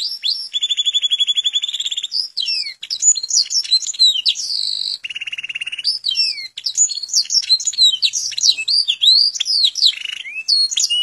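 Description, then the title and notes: Canary song mixing steady buzzy trills with quick twisting whistled notes, bright and continuous. Master canary song, described as solid (mantap). "Suara Burung Kenari Masteran. master suara burung kenari mantap"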